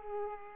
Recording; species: mosquito wingbeat signal from an infrared sensor; Aedes aegypti